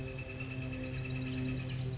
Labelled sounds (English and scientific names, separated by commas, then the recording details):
Northern Flicker (Colaptes auratus)
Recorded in Sonoma County, California